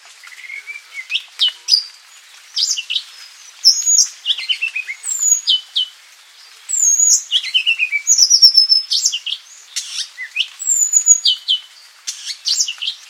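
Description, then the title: Madagascar Magpie-robin song: a rapid, varied string of high whistles, slurred downward notes and short chirps, delivered in bursts with brief pauses. "suara burung kacer madagaskar"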